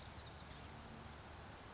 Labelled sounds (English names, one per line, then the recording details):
Blue-gray Gnatcatcher
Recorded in Sonoma County, California